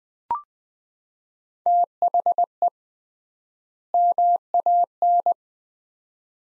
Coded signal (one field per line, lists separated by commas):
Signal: Morse code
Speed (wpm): 20 wpm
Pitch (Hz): 700 Hz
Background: none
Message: THE MAN